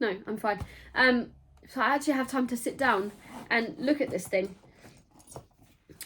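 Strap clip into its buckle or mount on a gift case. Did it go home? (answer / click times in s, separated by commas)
yes / 6.0 s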